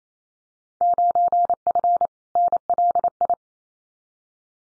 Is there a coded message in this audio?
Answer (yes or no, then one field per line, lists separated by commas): yes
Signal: Morse code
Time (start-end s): 0.8-3.3 s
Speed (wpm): 28 wpm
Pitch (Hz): 700 Hz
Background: none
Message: 9F NLI